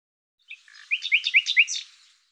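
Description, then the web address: Bird chirping call: a quick run of several sharp, bright, high-pitched chirps. "Deverinetal 2025"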